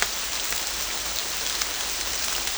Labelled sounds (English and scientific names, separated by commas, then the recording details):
none
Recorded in dense forest near Puerto Asís, Putumayo, Colombia, on 21 December 2024 at 11:00
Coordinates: 0.485, -76.318
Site GP03